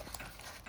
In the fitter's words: it is locked into place like that. It won't slip out.